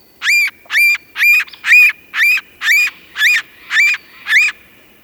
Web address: Red-naped Sapsucker